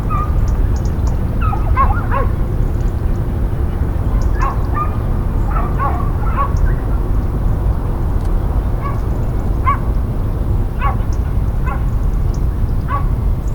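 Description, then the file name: Dog barks: scattered sharp yaps and barks, some in quick pairs, spread throughout, beneath loud continuous roar of highway traffic. Dogs heard near a highway bridge. "Highway bridge with dogs"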